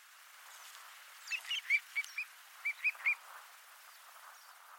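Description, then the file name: Little curlew giving about eight short, high, clipped whistled notes in quick succession. "Golosa ptic - Kronshnep-malyutka Numenius minutus"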